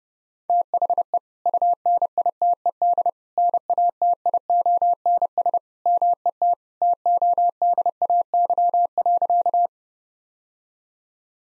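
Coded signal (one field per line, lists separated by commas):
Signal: Morse code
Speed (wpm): 32 wpm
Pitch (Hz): 700 Hz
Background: none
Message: THE UNITED NATIONS MET TODAY.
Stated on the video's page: Morse practice sentences at 30 wpm, each sent, then spoken, then sent again, for head-copy training.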